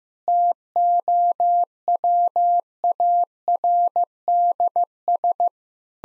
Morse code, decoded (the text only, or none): TOWARDS